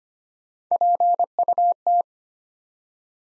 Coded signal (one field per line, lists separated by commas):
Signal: Morse code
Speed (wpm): 25 wpm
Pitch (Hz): 700 Hz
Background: none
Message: PUT